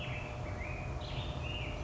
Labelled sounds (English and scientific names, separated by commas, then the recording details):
Black-headed Grosbeak (Pheucticus melanocephalus)
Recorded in Sonoma County, California